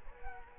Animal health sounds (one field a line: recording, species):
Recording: mosquito wingbeat signal from an infrared sensor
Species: Culex quinquefasciatus